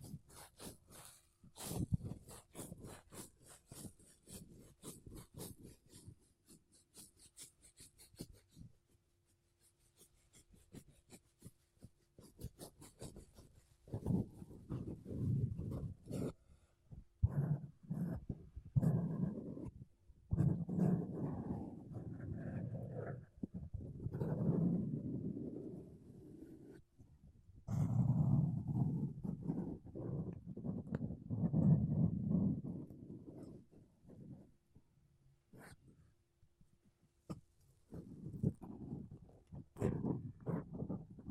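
Makeup brushes and a sponge are rubbed against a microphone. The first ten seconds bring quick, crisp bristle flicks with a bright hiss; from about 13 seconds the sound turns to dense, muffled, low rubbing in long swells, broken by short pauses near 17, 27 and 35 seconds.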